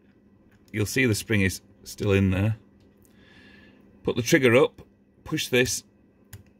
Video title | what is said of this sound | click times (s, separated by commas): Change HW Weihrauch safety catch / safety button. | it will click into place when you've got the cutout in the right position, holding this with your | 6.3 s